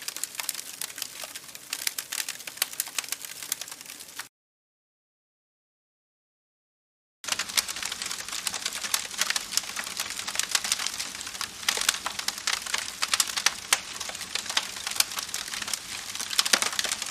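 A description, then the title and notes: A campfire crackles with dense, sharp snaps and pops, breaks off into total silence around four to seven seconds, then resumes steadily. Crackling Campfire.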